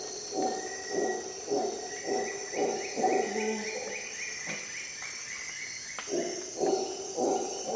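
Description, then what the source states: Howler monkey pulsed roars, rhythmic then pausing midway before resuming, while a bird gives a stepped series of whistled notes and insects drone high above. Recorded at dawn in the jungle of Costa Rica during an expedition.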